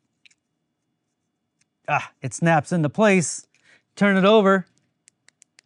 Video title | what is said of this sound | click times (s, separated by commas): From a $17 Clock to High End Electronics | And with a little bit of luck and pressure, it snaps into place. | 0.3 s